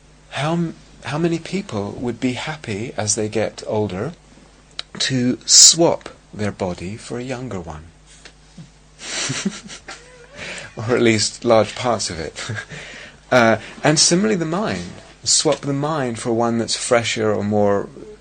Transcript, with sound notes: how many people would be happy as they get older to swap their body for a younger one? [laughter] Or at least large parts of it. And similarly the mind. Swap the mind for one that's fresher or more